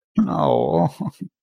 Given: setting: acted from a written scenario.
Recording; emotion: vocal sound without words; sadness